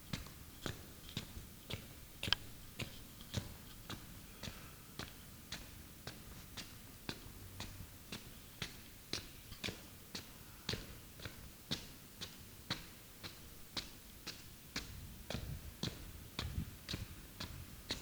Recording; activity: daily activity, guitar pickup as the sensor; walk